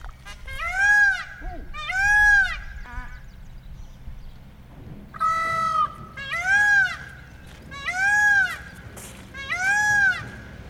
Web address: Holiday 2001 in France Peacock at St Germain de Livet